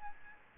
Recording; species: mosquito wingbeat signal from an infrared sensor; Aedes albopictus